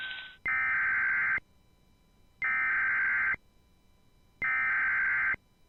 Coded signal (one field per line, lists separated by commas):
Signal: Emergency Alert System (SAME) tones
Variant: header bursts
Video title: NOAA Weather Radio Weekly Tests & a bonus LAE (EAS #1071-#1081)